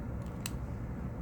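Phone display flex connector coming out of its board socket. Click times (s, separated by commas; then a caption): 0.5 s. The display flex connector of a Sony XZ1 phone's broken screen slides out of its lock and comes free of its board socket, worked loose for a temporary screen replacement for data transfer. A short, sharp click at about 0.5 s stands out over a steady low hum. The connector is released.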